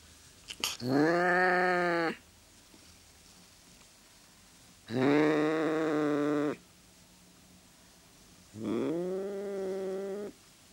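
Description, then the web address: Domestic cat howling: three long, drawn-out, strongly harmonic yowls, each lasting over a second and spaced about four seconds apart, with a brief sharp burst before the first. "BBC Cats BBC"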